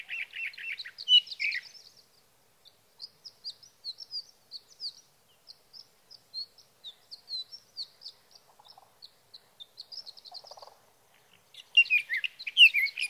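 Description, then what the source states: Sage thrasher song: a rapid burst of warbled, scratchy phrases, then a long run of faint high chirps, and the warbling returns near the end. Male singing through the night near his night roost, three nights from the evening of June 12 to the morning of June 15, 2018, Sierra Valley, California; Swift recorder placed near roost.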